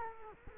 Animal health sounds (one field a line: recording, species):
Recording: mosquito wingbeat signal from an infrared sensor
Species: Culex quinquefasciatus